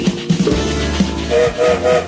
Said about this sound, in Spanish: Buenas noches, escucharon el silbato, ya estamos en camino, en marcha, como todos los días.